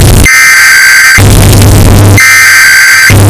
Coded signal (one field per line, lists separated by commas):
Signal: Emergency Alert System (SAME) tones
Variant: header bursts